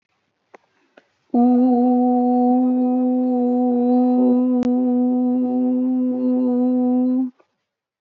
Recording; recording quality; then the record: sustained vowel as in boot; excellent, no background noise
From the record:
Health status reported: healthy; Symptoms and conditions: none ticked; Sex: female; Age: 20 years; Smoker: not ticked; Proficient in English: yes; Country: India